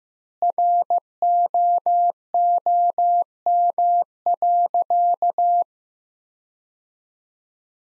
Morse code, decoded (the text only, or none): ROOM.